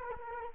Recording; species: mosquito wingbeat signal from an infrared sensor; Culex quinquefasciatus